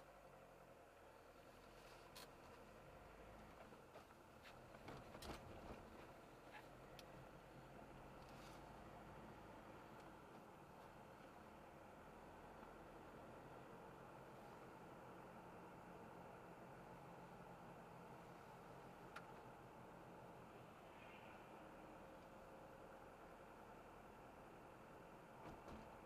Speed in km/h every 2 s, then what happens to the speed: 14, 24, 30, 35, 40, 42, 45, 47, 46, 45, 42, 43, 44.
0-11 speeds up to 45. 11-26 steady at about 45.